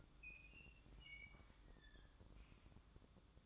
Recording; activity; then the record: daily activity, microphone in the room; open fridge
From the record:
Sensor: 3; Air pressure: 1007.7 hPa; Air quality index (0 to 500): 52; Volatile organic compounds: 1 ppm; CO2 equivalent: 584 ppm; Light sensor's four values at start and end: 12/29/12/12 and 12/29/12/12